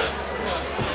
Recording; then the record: coughing mixed with background sound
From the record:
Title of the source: Spring Cold Coughing 2